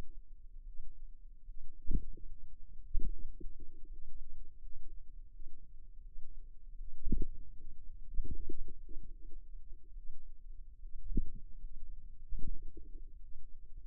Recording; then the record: forearm muscle sounds (acoustic myography)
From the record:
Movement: finger pinch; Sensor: system 2, bracelet of six BSWA MPA416 microphones around the upper forearm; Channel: 3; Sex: female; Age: 23 years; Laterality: right